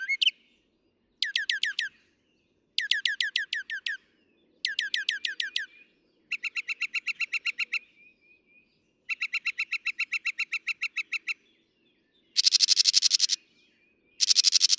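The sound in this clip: Northern mockingbird song: repeated phrases of fast downslurred notes, then long rapid trills, ending with two loud harsh buzzy bursts.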